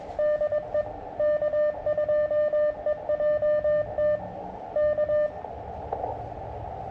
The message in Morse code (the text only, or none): DE K2EJT K